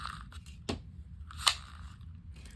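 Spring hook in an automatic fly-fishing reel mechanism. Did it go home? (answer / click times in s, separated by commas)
no / none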